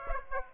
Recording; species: mosquito wingbeat signal from an infrared sensor; Aedes aegypti